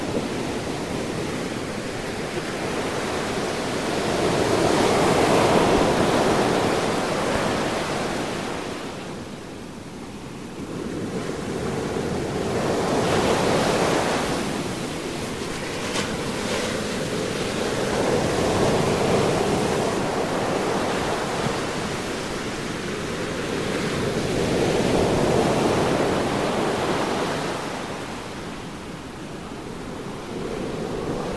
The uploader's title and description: Peaceful Ocean Waves. The gentle ebb and flow of the sea